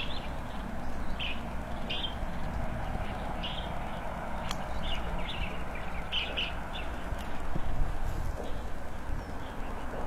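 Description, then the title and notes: Birds give brief chirps in loose groups, with a constant low background hum. Several birds frolicking on tree branches in early morning in front of a rural house, peaceful and quiet setting. "乡间屋前鸟儿欢快嬉闹中. 清晨起床，推开窗户，只见鸟儿嬉闹于枝头"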